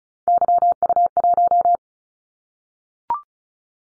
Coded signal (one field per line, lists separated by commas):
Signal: Morse code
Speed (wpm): 34 wpm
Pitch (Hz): 700 Hz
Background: none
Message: YU1